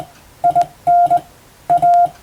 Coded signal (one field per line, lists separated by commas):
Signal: Morse code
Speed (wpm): 20 wpm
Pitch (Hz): 700 Hz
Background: none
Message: IN A